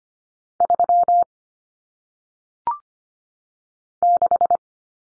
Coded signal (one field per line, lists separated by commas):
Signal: Morse code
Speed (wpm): 25 wpm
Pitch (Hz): 700 Hz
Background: none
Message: 3 6